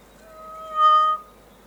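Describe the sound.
Kokako giving one long, pure, organ-like note held at a steady pitch for about a second, over a faint background hiss.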